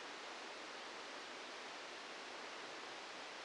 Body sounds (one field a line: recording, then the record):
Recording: brain microelectrode recording played as sound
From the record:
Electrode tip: outside the subthalamic nucleus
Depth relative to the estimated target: 3 mm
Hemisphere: left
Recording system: NeuroSet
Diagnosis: Parkinson's disease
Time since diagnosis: 9 years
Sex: male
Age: 61 years